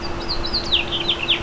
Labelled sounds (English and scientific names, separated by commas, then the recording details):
House Finch (Haemorhous mexicanus) song
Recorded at Merrick on Long Island, New York, on 17 May 2013
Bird B